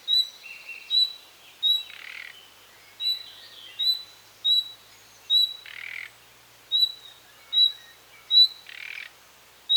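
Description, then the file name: Common nightingale repeating sharp whistles, with a few harsh rasps mixed in. "Luscinia megarhynchos"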